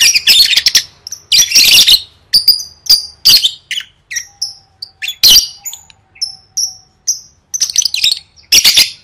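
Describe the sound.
Lovebird calls: harsh squawks mixed with short, clipped, high whistled chirps, spaced roughly every half second in the middle stretch.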